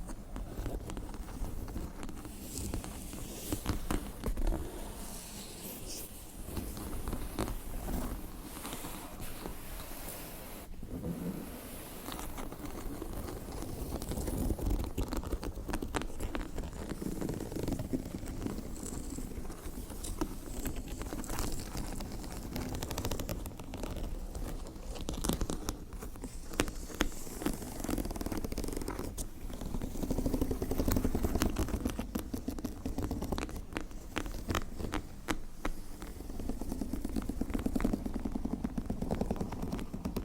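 Fingernails scratch and rub across textured leather bags, making dense, rapid rasping strokes with frequent sharp crackles. The scratching runs continuously for the whole stretch, with a low rumble underneath and busier, louder bursts near eleven, twenty-six and thirty seconds.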